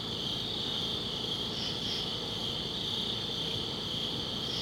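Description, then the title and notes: Crickets trilling in a steady, unbroken high chorus, with a brief pair of higher chirps near the middle and a faint low rumble underneath. Crickets outdoors at a summit at dusk. "Ext. Summit Crickets, Dusk by Bandeto"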